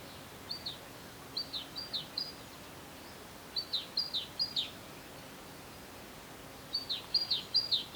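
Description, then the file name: Great tit calls, fairly faint: a few short bursts of thin, high, descending notes, with soft background hiss. "Parus major"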